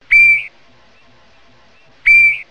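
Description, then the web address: Swainson's thrush giving two short, clear whistled calls, each fairly flat in pitch, about two seconds apart in otherwise quiet surroundings. "birdvocs nwcal SWTH"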